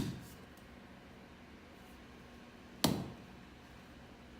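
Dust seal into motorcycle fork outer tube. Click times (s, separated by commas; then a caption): 2.8 s. A rubber dust seal is pressed down into the outer tube of a WP AER 48 motorcycle fork by pushing the fork tube itself into it. After a quiet stretch, one sharp snap sounds at 2.8 s as the seal seats home.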